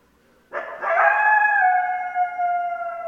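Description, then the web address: Coyote howl, a rough onset then a long steady harmonic tone held for over two seconds with slight wavering. Several coyotes recorded on 10 December 2012. "sounds mammals Coyote 2012 12 10 Coyotes"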